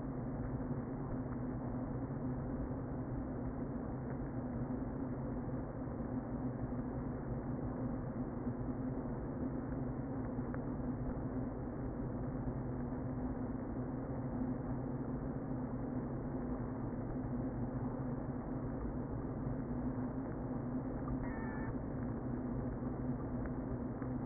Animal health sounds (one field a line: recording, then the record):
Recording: honeybee colony, microphone inside the hive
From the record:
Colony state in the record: queen present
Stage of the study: before two queens were removed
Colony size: about 60,000 bees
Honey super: yes